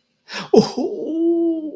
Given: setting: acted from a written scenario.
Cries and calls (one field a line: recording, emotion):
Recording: vocal sound without words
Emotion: pain